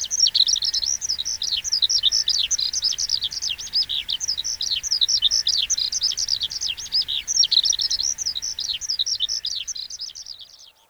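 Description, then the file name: Eurasian skylark pouring out continuous fast, twittering song with quick up-and-down high notes, the song fading out near the end. "hibari"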